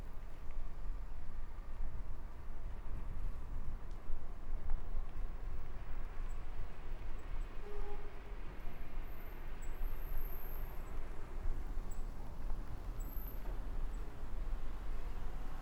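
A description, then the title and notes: A bike ride through town at midnight, with a steady low rumble and rushing wind noise running throughout. Short high-pitched squeaks chirp now and then, clustering around the tenth to thirteenth seconds, and a faint brief tone sounds near the eighth second. Bike Ride Through Town. Unable to sleep in the summer heat, I took a midnight bike ride down Mianyang’s busiest roads. It was very late and very quiet.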